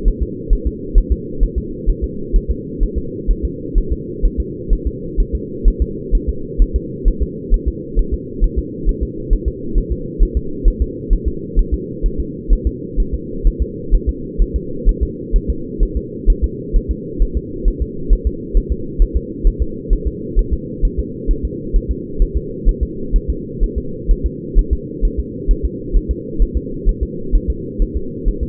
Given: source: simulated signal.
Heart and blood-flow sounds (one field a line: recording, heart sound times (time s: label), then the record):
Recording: fetal heart sounds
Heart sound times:
0.08 s: S1
0.23 s: S2
0.53 s: S1
0.67 s: S2
0.98 s: S1
1.12 s: S2
1.43 s: S1
1.58 s: S2
1.90 s: S1
2.04 s: S2
2.36 s: S1
2.51 s: S2
2.83 s: S1
2.98 s: S2
3.31 s: S1
3.45 s: S2
3.78 s: S1
3.92 s: S2
4.25 s: S1
4.40 s: S2
4.73 s: S1
4.87 s: S2
5.20 s: S1
5.35 s: S2
5.68 s: S1
5.82 s: S2
6.15 s: S1
6.29 s: S2
6.62 s: S1
6.76 s: S2
7.08 s: S1
7.22 s: S2
7.54 s: S1
7.68 s: S2
7.99 s: S1
8.14 s: S2
8.44 s: S1
8.58 s: S2
8.89 s: S1
9.03 s: S2
9.33 s: S1
9.48 s: S2
9.78 s: S1
9.92 s: S2
10.23 s: S1
10.37 s: S2
10.68 s: S1
10.82 s: S2
11.13 s: S1
11.28 s: S2
11.59 s: S1
11.74 s: S2
12.06 s: S1
12.20 s: S2
12.53 s: S1
12.67 s: S2
13.00 s: S1
13.14 s: S2
13.47 s: S1
13.62 s: S2
13.95 s: S1
14.09 s: S2
14.42 s: S1
14.56 s: S2
14.89 s: S1
15.03 s: S2
15.36 s: S1
15.50 s: S2
15.83 s: S1
15.97 s: S2
16.30 s: S1
16.44 s: S2
16.76 s: S1
16.91 s: S2
17.22 s: S1
17.37 s: S2
17.68 s: S1
17.82 s: S2
18.13 s: S1
18.27 s: S2
18.57 s: S1
18.72 s: S2
19.02 s: S1
19.16 s: S2
19.47 s: S1
19.62 s: S2
19.93 s: S1
20.07 s: S2
20.39 s: S1
20.54 s: S2
20.85 s: S1
20.99 s: S2
21.31 s: S1
21.45 s: S2
21.76 s: S1
21.91 s: S2
22.22 s: S1
22.37 s: S2
22.69 s: S1
22.83 s: S2
23.16 s: S1
23.30 s: S2
23.64 s: S1
23.78 s: S2
24.11 s: S1
24.26 s: S2
24.59 s: S1
24.73 s: S2
25.05 s: S1
25.20 s: S2
25.51 s: S1
25.65 s: S2
25.96 s: S1
26.11 s: S2
26.42 s: S1
26.57 s: S2
26.89 s: S1
27.03 s: S2
27.35 s: S1
27.50 s: S2
27.82 s: S1
27.97 s: S2
28.28 s: S1
28.43 s: S2
From the record:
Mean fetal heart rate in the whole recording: 130 bpm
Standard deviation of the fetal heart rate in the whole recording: 2 bpm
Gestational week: 38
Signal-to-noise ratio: -4.3 dB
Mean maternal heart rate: 72 bpm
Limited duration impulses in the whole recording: absent